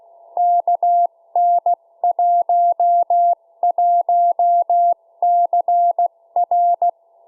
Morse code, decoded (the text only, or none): KN11CR